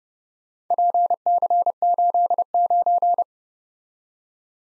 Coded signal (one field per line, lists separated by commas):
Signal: Morse code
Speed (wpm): 29 wpm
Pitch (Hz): 700 Hz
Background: none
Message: PC89